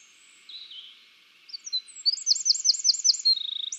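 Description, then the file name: Eurasian wren singing a high, fast phrase of sharp notes that runs into a rapid rattling trill and ends on a brief buzzy roll. "Troglodytes troglodytes"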